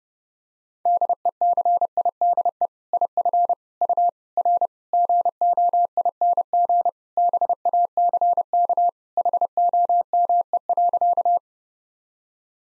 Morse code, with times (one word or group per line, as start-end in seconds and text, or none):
0.9-2.7 DECIDE
2.9-3.5 IF
3.8-4.1 U
4.4-4.7 R
4.9-6.9 GOING
7.2-8.9 BACK
9.2-11.4 HOME.